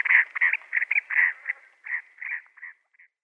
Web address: Chestnut-bellied Sandgrouse